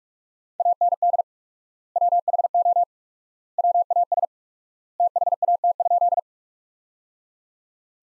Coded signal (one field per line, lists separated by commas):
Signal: Morse code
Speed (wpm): 46 wpm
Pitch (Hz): 700 Hz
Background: none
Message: AND WHO WAS THAT?